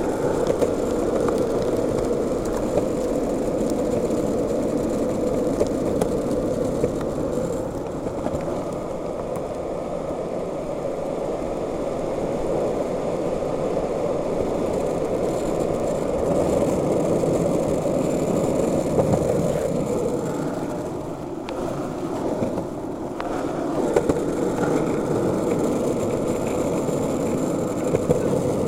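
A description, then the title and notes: Skateboard wheels roll along a smooth, flat bike path, making a steady, dense low rumble that runs almost unbroken for the whole stretch. The roar eases slightly around twenty seconds, then swells back. Faint higher hiss sits in the background. Skateboarding Serenity on the Bike Path. Skate along a shared-use bike path that offers a smooth and flat surface.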